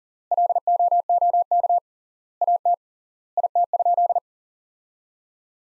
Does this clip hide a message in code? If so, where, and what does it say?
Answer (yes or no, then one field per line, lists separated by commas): yes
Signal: Morse code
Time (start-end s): 0.3-4.2 s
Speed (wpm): 37 wpm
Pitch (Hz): 700 Hz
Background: none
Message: LOOK AT IT?